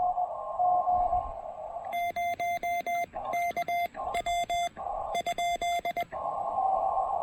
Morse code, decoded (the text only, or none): 0KW ?